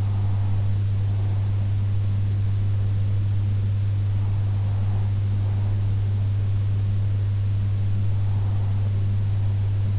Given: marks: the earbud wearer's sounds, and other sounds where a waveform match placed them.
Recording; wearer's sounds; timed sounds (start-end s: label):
sounds in sleep by an in-ear microphone; breath
0.00-1.99 s: breath
4.99-6.99 s: breath